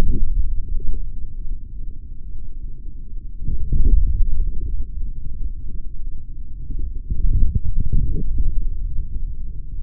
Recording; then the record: forearm muscle sounds (acoustic myography)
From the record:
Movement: forearm supination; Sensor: system 3, bracelet of six PUI Audio POM-2738L microphones around the upper forearm, with dedicated amplification and filtering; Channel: 1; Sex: male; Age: 26 years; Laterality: right